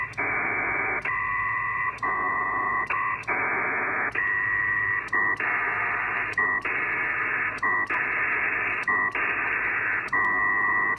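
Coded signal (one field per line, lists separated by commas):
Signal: HF data modem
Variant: PACTOR 4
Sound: alternating bursts of wide hissing data and shorter two-tone warbling segments, with clicks between them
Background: radio static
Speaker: let's try it now [Applause] [Applause] a [Applause] bands are really bad today really bad I'm only at 600 BPS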